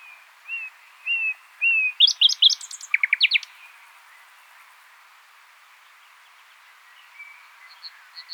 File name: Luscinia megarhynchos